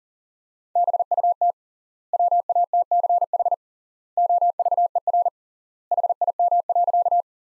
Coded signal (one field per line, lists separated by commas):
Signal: Morse code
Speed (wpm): 40 wpm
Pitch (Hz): 700 Hz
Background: none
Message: BUT WATCH OVER HIM.